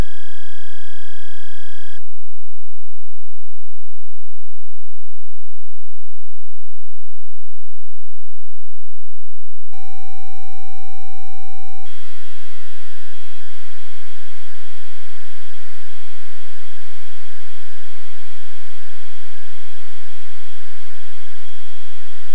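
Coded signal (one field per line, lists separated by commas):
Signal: computer data on cassette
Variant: Amstrad CPC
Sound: low hum, then a steady pitched lead tone, then harsh buzzing data noise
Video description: Shadow Warrior loading from Tape on an Amstrad CPC.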